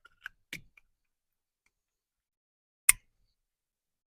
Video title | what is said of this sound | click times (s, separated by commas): Remote Start Installation 2011-2019 Ford Fiesta **Uses Your Factory Remote** #fordfiesta | make sure you hear the click | 2.9 s